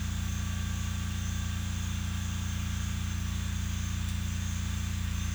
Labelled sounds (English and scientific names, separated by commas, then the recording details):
none
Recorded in secondary vegetation near Puerto Asís, Putumayo, Colombia, on 18 December 2024 at 09:30
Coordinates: 0.485, -76.322
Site GP08